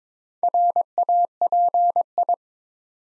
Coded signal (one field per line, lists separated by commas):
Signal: Morse code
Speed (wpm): 22 wpm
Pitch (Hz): 700 Hz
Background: none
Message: RAPI